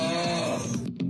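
A brief low, rumbling snore with a fluttering buzz from a sleeping adult: harmless snoring that is not much of a problem and mostly means the person is tired.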